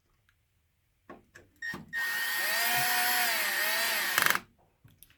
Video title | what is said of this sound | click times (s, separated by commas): Losi DBXL-E protective skid plates install video | Now this is on a super low torque setting, so that's why you hear it click a little bit. | 4.2 s, 4.3 s